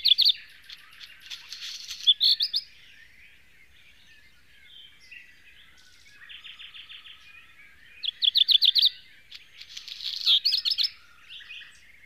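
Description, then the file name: Black redstart singing several phrases of pulsed rattles and harsh, scratchy crackles, with pauses between. "hazirozsdafarku"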